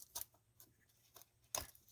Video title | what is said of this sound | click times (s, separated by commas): pt 1 2009 Chevy Malibu spark plug replacement | push on the tab hear it click wiggle it | 0.2 s, 1.5 s